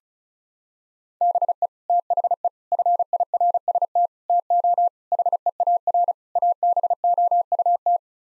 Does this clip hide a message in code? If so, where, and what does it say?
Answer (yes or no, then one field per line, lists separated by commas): yes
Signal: Morse code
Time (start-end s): 1.2-8.0 s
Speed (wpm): 34 wpm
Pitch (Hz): 700 Hz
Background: none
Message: BE THE FIRST TO HEAR ABOUT